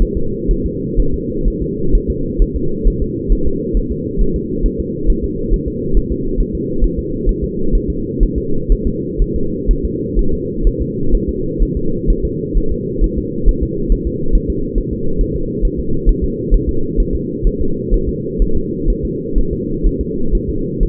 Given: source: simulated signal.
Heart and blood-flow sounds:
fetal heart sounds
0.02 s: S1
0.17 s: S2
0.51 s: S1
0.66 s: S2
1.00 s: S1
1.14 s: S2
1.48 s: S1
1.62 s: S2
1.95 s: S1
2.10 s: S2
2.42 s: S1
2.56 s: S2
2.88 s: S1
3.02 s: S2
3.33 s: S1
3.47 s: S2
3.77 s: S1
3.92 s: S2
4.21 s: S1
4.36 s: S2
4.66 s: S1
4.80 s: S2
5.10 s: S1
5.24 s: S2
5.54 s: S1
5.68 s: S2
5.97 s: S1
6.12 s: S2
6.41 s: S1
6.55 s: S2
6.84 s: S1
6.99 s: S2
7.29 s: S1
7.44 s: S2
7.75 s: S1
7.90 s: S2
8.23 s: S1
8.38 s: S2
8.72 s: S1
8.87 s: S2
9.22 s: S1
9.36 s: S2
9.71 s: S1
9.85 s: S2
10.19 s: S1
10.34 s: S2
10.67 s: S1
10.81 s: S2
11.15 s: S1
11.29 s: S2
11.62 s: S1
11.77 s: S2
12.10 s: S1
12.25 s: S2
12.58 s: S1
12.72 s: S2
13.04 s: S1
13.18 s: S2
13.49 s: S1
13.63 s: S2
13.92 s: S1
14.07 s: S2
14.35 s: S1
14.50 s: S2
14.78 s: S1
14.93 s: S2
15.21 s: S1
15.36 s: S2
15.65 s: S1
15.79 s: S2
16.09 s: S1
16.24 s: S2
16.54 s: S1
16.69 s: S2
17.00 s: S1
17.15 s: S2
17.47 s: S1
17.61 s: S2
17.94 s: S1
18.09 s: S2
18.42 s: S1
18.57 s: S2
18.90 s: S1
19.05 s: S2
19.38 s: S1
19.53 s: S2
19.87 s: S1
20.01 s: S2
20.35 s: S1
20.49 s: S2
20.83 s: S1
From the record:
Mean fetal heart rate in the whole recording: 130 bpm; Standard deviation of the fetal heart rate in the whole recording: 4 bpm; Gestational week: 38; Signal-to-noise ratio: -8.1 dB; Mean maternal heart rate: 72 bpm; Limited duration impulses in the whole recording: absent

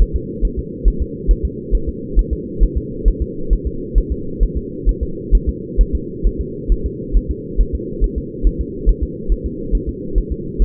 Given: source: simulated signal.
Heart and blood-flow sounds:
fetal heart sounds
0.02 s: S1
0.16 s: S2
0.45 s: S1
0.59 s: S2
0.88 s: S1
1.02 s: S2
1.31 s: S1
1.45 s: S2
1.75 s: S1
1.89 s: S2
2.19 s: S1
2.33 s: S2
2.63 s: S1
2.77 s: S2
3.08 s: S1
3.22 s: S2
3.53 s: S1
3.67 s: S2
3.98 s: S1
4.12 s: S2
4.43 s: S1
4.57 s: S2
4.89 s: S1
5.03 s: S2
5.35 s: S1
5.49 s: S2
5.81 s: S1
5.95 s: S2
6.27 s: S1
6.41 s: S2
6.72 s: S1
6.86 s: S2
7.17 s: S1
7.31 s: S2
7.60 s: S1
7.75 s: S2
8.04 s: S1
8.18 s: S2
8.47 s: S1
8.61 s: S2
8.89 s: S1
9.03 s: S2
9.32 s: S1
9.46 s: S2
9.75 s: S1
9.89 s: S2
10.18 s: S1
10.32 s: S2
10.62 s: S1
From the record:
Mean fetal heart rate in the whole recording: 135 bpm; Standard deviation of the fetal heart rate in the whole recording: 3 bpm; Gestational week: 36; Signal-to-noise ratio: -4.3 dB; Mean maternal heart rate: 72 bpm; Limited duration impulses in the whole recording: absent

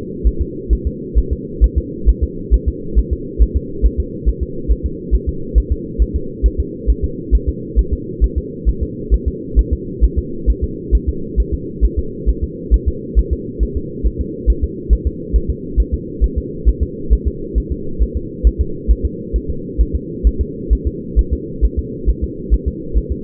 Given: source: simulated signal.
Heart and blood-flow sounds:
fetal heart sounds
0.27 s: S1
0.41 s: S2
0.73 s: S1
0.87 s: S2
1.18 s: S1
1.33 s: S2
1.64 s: S1
1.78 s: S2
2.09 s: S1
2.23 s: S2
2.54 s: S1
2.68 s: S2
2.99 s: S1
3.13 s: S2
3.42 s: S1
3.57 s: S2
3.86 s: S1
4.00 s: S2
4.28 s: S1
4.43 s: S2
4.71 s: S1
4.86 s: S2
5.14 s: S1
5.29 s: S2
5.58 s: S1
5.72 s: S2
6.02 s: S1
6.16 s: S2
6.46 s: S1
6.60 s: S2
6.90 s: S1
7.04 s: S2
7.35 s: S1
7.49 s: S2
7.79 s: S1
7.93 s: S2
8.24 s: S1
8.38 s: S2
8.69 s: S1
8.83 s: S2
9.14 s: S1
9.28 s: S2
9.59 s: S1
9.73 s: S2
10.04 s: S1
10.19 s: S2
10.50 s: S1
10.64 s: S2
10.95 s: S1
11.09 s: S2
11.40 s: S1
11.54 s: S2
11.85 s: S1
11.99 s: S2
12.29 s: S1
12.44 s: S2
12.74 s: S1
12.88 s: S2
13.19 s: S1
13.33 s: S2
13.63 s: S1
13.77 s: S2
14.06 s: S1
14.21 s: S2
14.50 s: S1
14.64 s: S2
14.93 s: S1
15.07 s: S2
15.36 s: S1
15.50 s: S2
15.80 s: S1
15.94 s: S2
16.24 s: S1
16.38 s: S2
16.68 s: S1
16.83 s: S2
17.13 s: S1
17.28 s: S2
17.58 s: S1
17.72 s: S2
18.02 s: S1
18.17 s: S2
18.47 s: S1
18.61 s: S2
18.91 s: S1
19.05 s: S2
19.36 s: S1
19.50 s: S2
19.81 s: S1
19.95 s: S2
20.27 s: S1
20.41 s: S2
20.73 s: S1
20.87 s: S2
21.19 s: S1
21.33 s: S2
21.65 s: S1
21.79 s: S2
22.09 s: S1
22.24 s: S2
22.54 s: S1
22.68 s: S2
22.97 s: S1
23.12 s: S2
From the record:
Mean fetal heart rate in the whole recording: 135 bpm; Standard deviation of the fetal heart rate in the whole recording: 3 bpm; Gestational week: 34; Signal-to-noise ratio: -4.3 dB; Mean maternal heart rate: 72 bpm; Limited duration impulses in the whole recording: absent

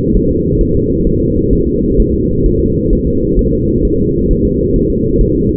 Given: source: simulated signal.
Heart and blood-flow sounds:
fetal heart sounds
0.17 s: S1
0.31 s: S2
0.61 s: S1
0.75 s: S2
1.07 s: S1
1.21 s: S2
1.53 s: S1
1.67 s: S2
2.00 s: S1
2.14 s: S2
2.46 s: S1
2.60 s: S2
2.93 s: S1
3.07 s: S2
3.39 s: S1
3.53 s: S2
3.85 s: S1
3.99 s: S2
4.31 s: S1
4.45 s: S2
4.76 s: S1
4.90 s: S2
5.21 s: S1
5.35 s: S2
From the record:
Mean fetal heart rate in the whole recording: 135 bpm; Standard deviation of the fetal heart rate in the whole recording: 3 bpm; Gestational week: 36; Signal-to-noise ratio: -10.2 dB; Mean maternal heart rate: 72 bpm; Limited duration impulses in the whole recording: present

